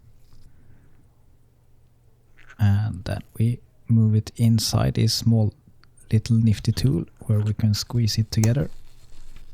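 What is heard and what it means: A barrel lid is laid back onto the mainspring barrel of a vintage Tissot Visodate watch and handled before it goes into a small tool that will squeeze it shut. Someone talks over faint handling sounds. Nothing has seated or clicked yet, and the barrel is not closed in this clip.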